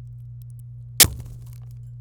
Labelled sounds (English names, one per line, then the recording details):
Domestic Canary song
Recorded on 26 April 2018 at 13:39
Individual llb3